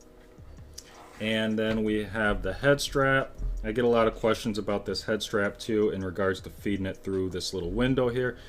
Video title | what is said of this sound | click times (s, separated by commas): VRCover Fitness Interface Set, Halo Controller Covers & Disposable Hygiene Covers - Unbox & Review! | which installs easily as for the arms it just clicks into place | 0.8 s